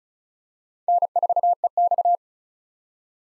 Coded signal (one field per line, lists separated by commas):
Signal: Morse code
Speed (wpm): 36 wpm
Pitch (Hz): 700 Hz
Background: none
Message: N4EX